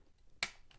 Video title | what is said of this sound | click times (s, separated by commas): "Podcast" Records Played with a Spinning Stylus - Plus Dial-A-Story! | When you press the card in, it clicks into place, and | 0.4 s